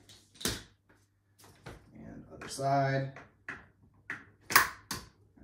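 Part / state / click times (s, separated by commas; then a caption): rear wheel into stroller frame axle mount / seated / 4.6 s. The second rear wheel of an Uppababy Minu V2 stroller is pushed onto its axle mount on the stroller frame while someone talks, with a few light knocks along the way. A sharp click at 4.6 s marks the wheel seating onto the mount, confirmed in place.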